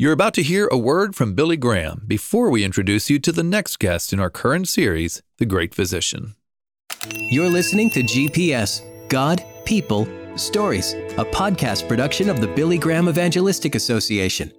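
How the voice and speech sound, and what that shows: An adult man speaks fluently at an even pace with clear consonants and natural pitch movement. After a brief pause, he continues over a soft music bed. This is normal announcer speech with no voice or articulation problem.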